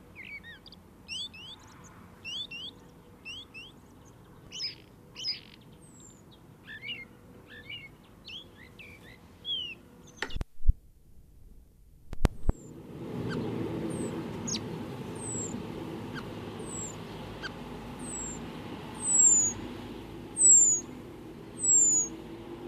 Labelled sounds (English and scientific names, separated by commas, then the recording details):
Common Blackbird (Turdus merula)
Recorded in the wild
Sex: male
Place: Kaiserslautern, Rheinland-Pfalz, DE
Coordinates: 49.42, 7.75
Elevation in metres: 279
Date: 1976-03-26
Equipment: Nagra IV, Sennheiser MKH 405, Parabolreflektor
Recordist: Tretzel, Erwin